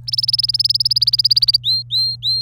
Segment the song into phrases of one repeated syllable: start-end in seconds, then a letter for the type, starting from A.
0.08-1.56 A, 1.64-2.42 B